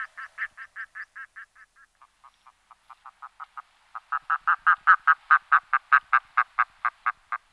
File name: Potaplice mala Gavia stellata